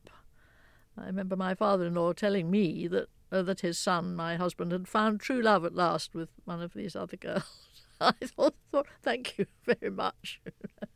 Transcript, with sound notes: I remember my father-in-law telling me that his son, my husband, had found true love at last with one of these other girls. (Laughter) I thought, thank you very much.